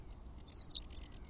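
Western Yellow Wagtail giving a single thin, high call that slurs downward, short and sharp over a quiet background.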